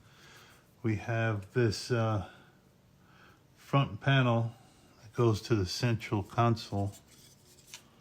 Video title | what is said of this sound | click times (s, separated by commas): Fanhome build the1966 Batmobile. Pack 11, stages 63-68. View my fav tools in description below. | and it just kind of snaps into place there. | 7.7 s